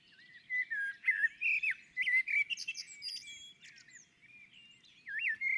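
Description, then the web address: Common blackbird song with a continuous run of warbled fluty notes mixed with high squeaks and twitters, a fresh phrase starting near the end. On a roof. "Naturinspelningar Koltrast på taket"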